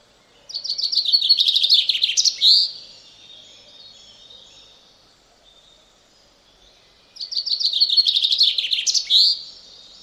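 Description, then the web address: Common chaffinch delivering two songs roughly seven seconds apart, each a tumbling cascade of notes running downward into a bright final flourish. "Deverinetal 2025"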